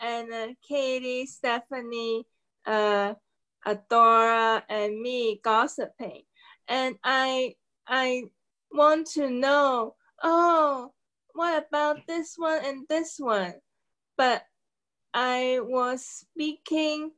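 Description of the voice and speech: A woman, a stroke survivor with aphasia, speaks in short, halting bursts with frequent pauses, a restarted "I… I", a drawn-out "oh", and vague fillers like "this one and this one." The slow, effortful, word-searching speech fits aphasia after stroke.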